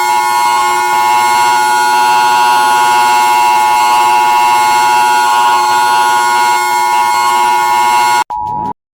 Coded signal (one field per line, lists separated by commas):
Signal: Emergency Alert System (SAME) tones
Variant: 853 and 960 Hz attention tone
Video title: EAS alarmas de todos los estados de México